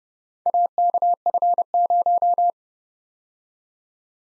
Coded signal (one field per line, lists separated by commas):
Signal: Morse code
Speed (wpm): 29 wpm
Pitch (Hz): 700 Hz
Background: none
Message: AKF0